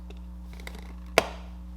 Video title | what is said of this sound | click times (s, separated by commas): Best All-Weather Floor Mats?? | and once you hear them snap in they are in | 1.2 s